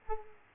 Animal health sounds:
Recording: mosquito wingbeat signal from an infrared sensor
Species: Culex quinquefasciatus

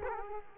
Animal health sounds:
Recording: mosquito wingbeat signal from an infrared sensor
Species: Culex quinquefasciatus

